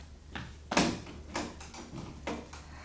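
A door is opened with a sharp latch clunk, followed by several softer bumps and rattles spaced irregularly over a low steady background hum.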